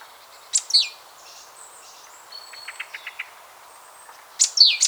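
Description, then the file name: Great tit calls: a sharp falling high note near the start, a quick run of short faint notes in the middle, then more sharp falling high notes at the end, over a soft hiss. "Parus major"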